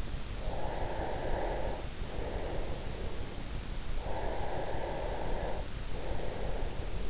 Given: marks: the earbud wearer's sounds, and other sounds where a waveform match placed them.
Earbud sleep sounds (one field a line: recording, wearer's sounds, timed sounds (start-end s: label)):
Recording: sounds in sleep by an in-ear microphone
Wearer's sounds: breath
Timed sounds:
0.51-3.11 s: breath
4.11-7.10 s: breath